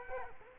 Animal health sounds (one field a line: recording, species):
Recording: mosquito wingbeat signal from an infrared sensor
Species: Culex quinquefasciatus